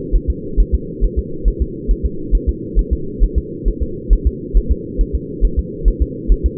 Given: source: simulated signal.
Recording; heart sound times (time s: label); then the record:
fetal heart sounds
0.16 s: S1
0.30 s: S2
0.60 s: S1
0.75 s: S2
1.04 s: S1
1.19 s: S2
1.48 s: S1
1.62 s: S2
1.91 s: S1
2.05 s: S2
2.35 s: S1
2.49 s: S2
2.79 s: S1
2.93 s: S2
3.23 s: S1
3.38 s: S2
3.68 s: S1
3.83 s: S2
4.13 s: S1
4.27 s: S2
4.57 s: S1
4.71 s: S2
5.01 s: S1
5.15 s: S2
5.45 s: S1
5.59 s: S2
5.88 s: S1
6.02 s: S2
6.32 s: S1
6.46 s: S2
From the record:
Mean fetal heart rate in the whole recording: 135 bpm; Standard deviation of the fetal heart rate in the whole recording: 3 bpm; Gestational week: 36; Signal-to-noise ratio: -4.3 dB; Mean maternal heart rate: 72 bpm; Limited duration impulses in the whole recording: absent